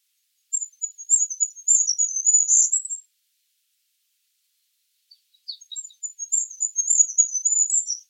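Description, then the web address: Bird producing two thin, high twittering phrases, each two to three seconds long, with a clear silent gap between them. "Bird Only"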